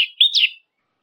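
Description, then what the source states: Orange-headed thrush: a single brief phrase of slurred whistles rising then falling, over in half a second. Training (masteran) recording used to teach songbirds, labelled Anis Kembang, also called punglor kembang.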